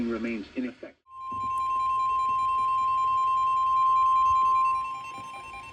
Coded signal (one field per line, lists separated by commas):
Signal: Emergency Alert System (SAME) tones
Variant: 1050 Hz attention tone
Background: speech, music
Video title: EAS Alerts from 8/9-8/11 (EAS #202-217)